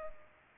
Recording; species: mosquito wingbeat signal from an infrared sensor; Culex pipiens